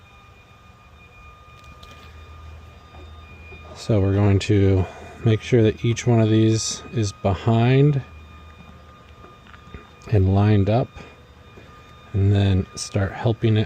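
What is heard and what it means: On a first-generation 2001–2004 Toyota Tacoma double cab, the clips of a weatherstrip molding are being checked along the door window sill so each one sits behind the sill edge and is lined up before it is pushed down. Someone talks over soft handling noise, with a short bump near 1.8 s and a brief tick near 9.5 s. Nothing has seated or clicked yet.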